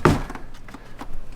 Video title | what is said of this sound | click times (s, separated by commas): My CHEAP Jaguar Runs Amazing After Doing A MEGA Tune Up | so it it looks like there there's the click we're connected let's try it out | 0.1 s